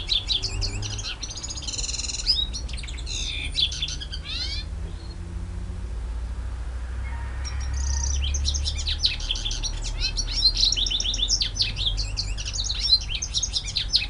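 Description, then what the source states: White-eye singing fast high chattering phrases and rising whistles, a short pause midway, then dense twittering resumes over a low rumble. Song in the ngerol ngalas style.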